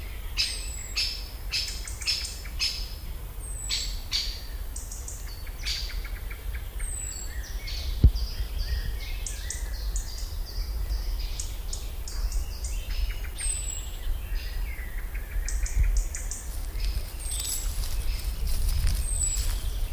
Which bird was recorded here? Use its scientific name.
Dendrocopos major